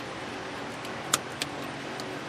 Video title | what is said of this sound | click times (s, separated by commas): Toyota Highlander ABS Wheel Speed sensor repair | snaps right in there so that's nice and taken care of and | 1.1 s